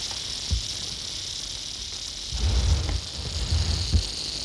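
Rattlesnake rattle, a steady high hissing buzz throughout, with low thumping and rumbling noises rising in the second half.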